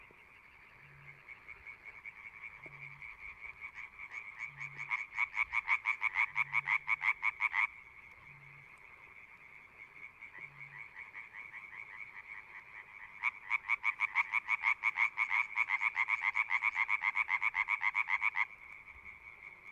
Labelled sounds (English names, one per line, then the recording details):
Common Tree Frog call
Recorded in the wild
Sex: group
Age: adult
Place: Kützerhof, Kummerower See, Mecklenburg-Vorpommern, DE
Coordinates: 53.8519, 12.8739
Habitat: wetland
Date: 2008-04-29 23:12
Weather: Nieselregen, 15°C
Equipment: Zoom H2
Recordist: Frommolt, Karl-Heinz